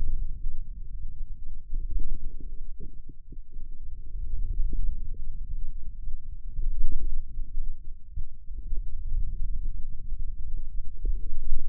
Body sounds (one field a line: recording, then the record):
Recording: forearm muscle sounds (acoustic myography)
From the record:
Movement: wrist extension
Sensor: system 2, bracelet of six BSWA MPA416 microphones around the upper forearm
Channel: 6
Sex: male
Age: 22 years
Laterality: right